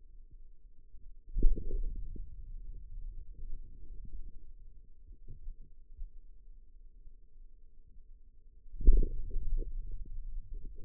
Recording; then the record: forearm muscle sounds (acoustic myography)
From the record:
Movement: hand opening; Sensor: system 2, bracelet of six BSWA MPA416 microphones around the upper forearm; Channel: 4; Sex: male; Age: 22 years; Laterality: right